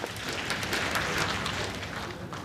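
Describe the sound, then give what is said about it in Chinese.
Steady audience applause fills the whole stretch, a dense wash of clapping with sharp scattered claps on top and no voices, welcoming crosstalk performers An Jiujian and Zhang Xiao onstage at Xiha Baofu Pu for the traditional xiangsheng piece 'Da Dengmi'. “安九健、张潇给大家带来一段传统相声打灯谜，咱们掌声有请二位。”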